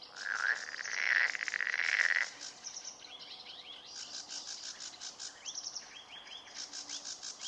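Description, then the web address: Marsh frog gives one loud rattling croak burst lasting about two seconds, then quieter pulsed calls continue in the background. Recorded in Turku, Finland, on 31 May 2009 at 23:11. "hlehto. sammakko molysammakko turku 23 h 11 m 45 s 31 may 2009"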